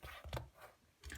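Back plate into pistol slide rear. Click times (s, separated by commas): 0.4 s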